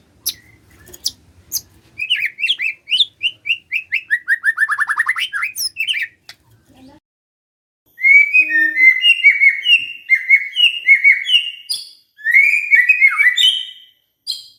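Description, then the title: White-rumped shama song: a long series of short whistled notes falling then rising in pitch, a pause, then a lively run of varied bright whistles and chips. White-rumped shama whistling used as a lure to make lazy birds start singing. "PANCINGAN MURAI BATU. SIULAN MURAI BATU❗ PANCINGAN MURAI MALAS AGAR BUNYI❗❗"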